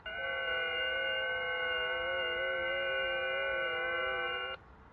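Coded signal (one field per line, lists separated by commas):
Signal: FT8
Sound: several overlapping steady warbling tones at once, then a sudden stop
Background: radio static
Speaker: And, you know, I would show you guys more of this FT8, but all you're going to hear is this.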